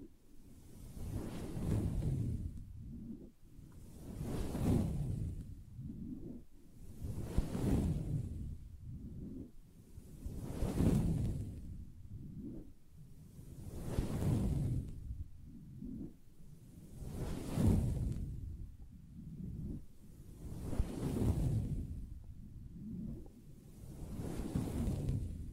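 A soft fabric surface is scratched in slow, steady strokes, each swelling and fading roughly every three to four seconds. The sound is mostly a dull, low rustle, with a brief brighter hiss at the peak of each stroke.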